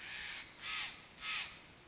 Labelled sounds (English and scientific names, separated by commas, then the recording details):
Steller's Jay (Cyanocitta stelleri)
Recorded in Sonoma County, California